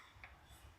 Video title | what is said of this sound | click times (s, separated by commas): Fiat 500X starter motor replacement | and should just click into place | 0.2 s